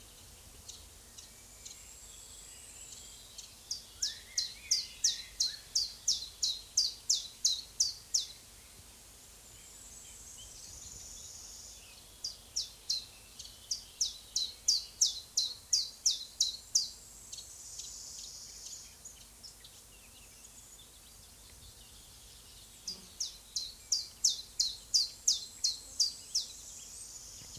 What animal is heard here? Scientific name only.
Phylloscopus collybita